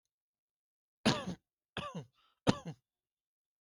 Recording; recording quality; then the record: shallow voluntary cough; excellent, no background noise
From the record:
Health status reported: healthy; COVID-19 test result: not tested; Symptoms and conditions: cold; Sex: male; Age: 40 years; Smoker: not ticked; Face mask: worn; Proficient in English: yes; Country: India